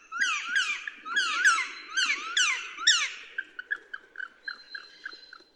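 Woodpecker calls: a run of loud, squeaky downslurred notes, followed by quicker, shorter clipped notes that trail off.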